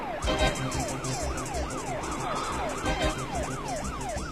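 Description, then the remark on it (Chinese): A police car siren wails in quick, steady rising-and-falling sweeps, about seven cycles, loud and continuous over a low engine rumble, with no one speaking. The police car is following from behind. “你说后面的警车不是冲着我们来的吧？”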